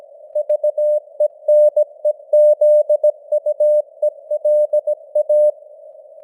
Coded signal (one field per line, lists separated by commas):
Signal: Morse code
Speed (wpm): 17 wpm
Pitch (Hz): 600 Hz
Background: none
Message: VENEZUELA